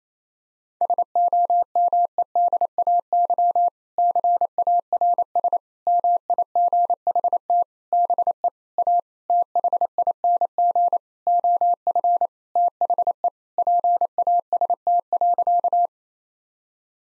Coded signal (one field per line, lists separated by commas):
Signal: Morse code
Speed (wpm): 28 wpm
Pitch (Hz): 700 Hz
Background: none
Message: SOMEDAY CARS MIGHT BE A THING OF THE PAST.